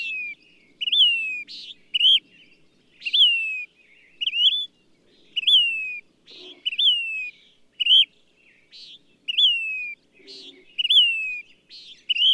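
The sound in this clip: Bird delivering a long run of clear slurred whistles and buzzy notes, phrases coming in quick succession roughly every second, plus a few faint low knocks.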